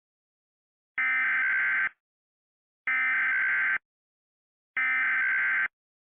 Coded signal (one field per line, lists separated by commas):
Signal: Emergency Alert System (SAME) tones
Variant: header bursts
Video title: EAS Mock Monday S1 Ep1: Shelter In-Place Warning in Pennsylvania || Sep 19-20, 2014